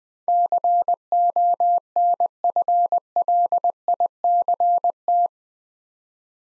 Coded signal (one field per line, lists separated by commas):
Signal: Morse code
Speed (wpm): 20 wpm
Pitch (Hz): 700 Hz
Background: none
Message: CONFLICT